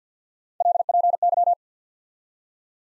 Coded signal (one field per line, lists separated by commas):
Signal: Morse code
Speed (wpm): 50 wpm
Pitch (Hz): 700 Hz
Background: none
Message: LPY